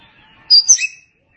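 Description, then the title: Oriental magpie-robin giving a single short, bright double note, sharp and slurred, lasting about half a second, then silence. "Suara Kicauan Burung Kacer"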